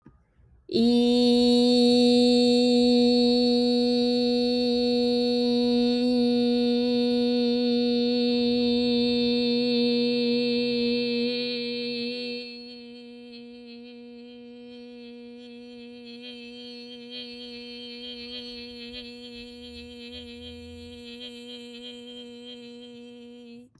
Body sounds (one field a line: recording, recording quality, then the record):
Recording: sustained vowel as in beet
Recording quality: excellent, no background noise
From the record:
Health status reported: healthy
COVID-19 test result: negative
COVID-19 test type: RT-PCR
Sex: female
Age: 22 years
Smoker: no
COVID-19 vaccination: both doses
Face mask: not worn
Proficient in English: yes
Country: United States